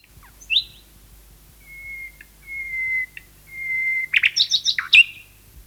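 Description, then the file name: Common nightingale singing a varied phrase: a high note, long steady whistles, then a fast burst of sharp chirps near the end. "Nachtegaal 2-Sound Cloud - Beeld en Geluid"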